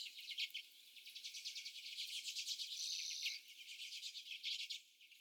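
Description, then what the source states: Common redpolls with quick chattering notes and a drawn-out buzzy call near the middle, then more clipped chatter. Several birds.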